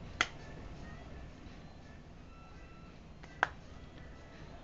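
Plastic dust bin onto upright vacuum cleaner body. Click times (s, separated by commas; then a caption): 0.2 s, 3.4 s. The detachable plastic bin and cyclone unit of a Dyson Cinetic Big Ball upright vacuum, released with its red button, is pushed back onto the vacuum body. Two sharp clicks ring out at 0.2 s and 3.4 s over a low background hum, and it is unclear which one is the seating click. The bin clicks back into place and is seated.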